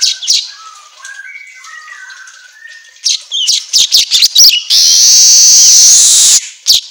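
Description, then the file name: Asian golden weaver song with soft warbled notes, then a burst of sharp chips leading into a long, loud, hissing buzz and a final chip. Made for training songbirds; 'auto gacor' style to set caged birds singing. "Suara Kicau Manyar Kepala Emas Auto Gacor"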